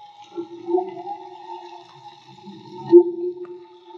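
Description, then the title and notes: Whale song: faint sustained humming tones with soft low grumbles and one sharp swell near the three-second mark. Whale song, underwater field recording made with DIY hydrophones; audio cleaned afterwards. "CANTO DE BALLENAS MAGMA. Grabación de campo y construcción dehidrofonos DIY: Jorge Barco. Limpieza de audio: Santiago Minotas"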